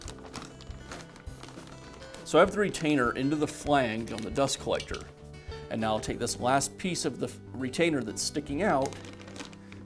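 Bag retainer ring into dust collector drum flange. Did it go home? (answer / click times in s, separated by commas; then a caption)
no / none. The wire/plastic retainer ring of a new plastic collection bag is worked around the inner flange of a Jet dust collector, with the last section still sticking out and about to be pushed in toward the center. Someone talks throughout while light handling taps are heard near the start and again around 9.2–9.7 s. Nothing has seated or clicked yet.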